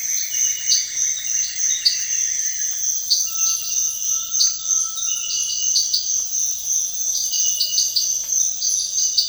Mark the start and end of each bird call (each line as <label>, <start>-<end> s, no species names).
bird call, 0.00-2.76 s
bird call, 3.19-5.45 s